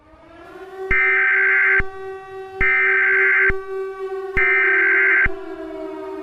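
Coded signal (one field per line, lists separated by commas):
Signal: Emergency Alert System (SAME) tones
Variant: header bursts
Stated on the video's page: Fictional EAS scenario, requested story, edited simulated alert.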